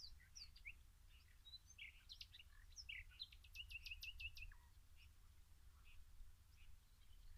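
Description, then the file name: Common nightingale song: scattered chirps, then a fast run of repeated clicking notes, with quieter twitters afterward and a steady low hum beneath. "Luscinia megarhynchos"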